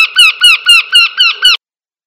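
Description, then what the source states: Bird calls: seven harsh, harmonic notes, each dipping slightly in pitch, repeated about four times a second and then stopping abruptly. Described as a forest bird (burung hutan).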